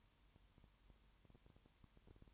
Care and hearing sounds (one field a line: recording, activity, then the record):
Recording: daily activity, microphone in the room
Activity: no activity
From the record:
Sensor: 3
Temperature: 21.1 degrees Celsius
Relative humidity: 37.0%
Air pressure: 1010.6 hPa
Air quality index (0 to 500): 204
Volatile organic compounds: 31 ppm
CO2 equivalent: 2983 ppm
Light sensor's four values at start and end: 2/3/2/2 and 2/3/2/2